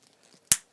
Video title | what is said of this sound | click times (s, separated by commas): Apple AirTags - Top 5 3D-Printed Accessories | it clicks into place and then you can attach it to your keychain like you've done it here | 0.5 s